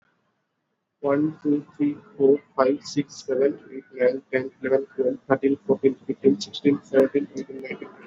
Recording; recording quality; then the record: counting at a normal pace; excellent, no background noise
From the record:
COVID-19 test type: RT-PCR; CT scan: not taken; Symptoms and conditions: cough, cold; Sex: male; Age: 26 years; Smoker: yes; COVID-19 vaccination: both doses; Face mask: worn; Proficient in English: yes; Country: India